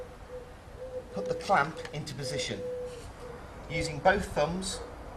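Someone talks while the clamp that secures a portable folding patient hoist's column to its base is being pushed into position with both thumbs, against a faint steady hum. Nothing has seated or clicked yet.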